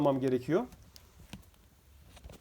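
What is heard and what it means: A plastic headrest guide part, the first of them, is pressed into the headrest mount of a Renault Megane 3 / Fluence car seat to fix a headrest rattle. Someone talks at the start, then two sharp short clicks come at 1.0 s and 1.3 s as the part seats in place.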